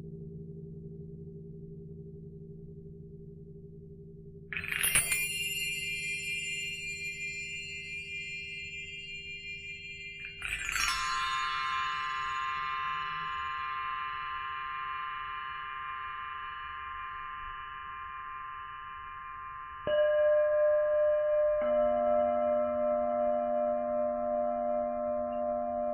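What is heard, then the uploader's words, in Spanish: Tibetan singing bowls are struck near 5 and 10 seconds, ringing out in long shimmering tones, then a deeper steady hum sounds from 20 seconds. Cuencos Tibetanos.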